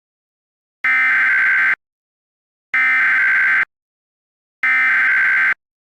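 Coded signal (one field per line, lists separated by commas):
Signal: Emergency Alert System (SAME) tones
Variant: header bursts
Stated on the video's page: Fictional Emergency Alert System scenario about a deadly virus, with voice actors; simulated.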